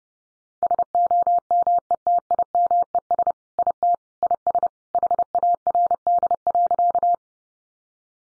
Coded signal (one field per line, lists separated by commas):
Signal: Morse code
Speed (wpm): 30 wpm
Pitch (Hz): 700 Hz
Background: none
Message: SOMETIMES IT IS HARD.